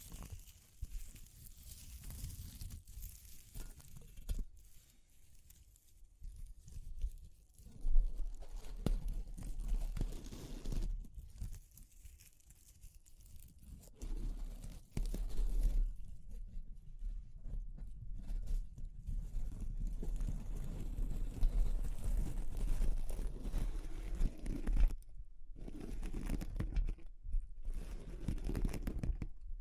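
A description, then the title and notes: Rough, rustling texture sounds with a crinkling, tearing quality sit over a heavy low rumble. The activity comes in irregular bursts, quieter around 5 to 7 and 11 to 15 seconds, then grows denser and steadier after about 15 seconds. ASMR Exploring Textures (No Talking).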